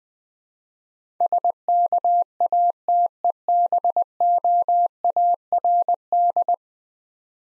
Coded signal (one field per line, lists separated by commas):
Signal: Morse code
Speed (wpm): 20 wpm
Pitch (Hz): 700 Hz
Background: none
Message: SKATEBOARD